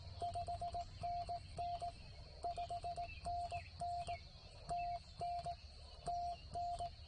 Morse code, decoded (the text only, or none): 5NN 5NN TN TN